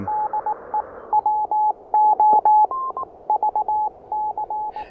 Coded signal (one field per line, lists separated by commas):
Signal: Morse code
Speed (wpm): 18 wpm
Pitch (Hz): 850 Hz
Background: radio noise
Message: DEWO VC